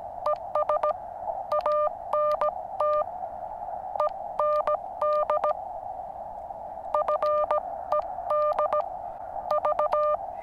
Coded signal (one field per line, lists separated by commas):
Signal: Morse code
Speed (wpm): 17 wpm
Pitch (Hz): 600 Hz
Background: none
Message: ES ANT END FED V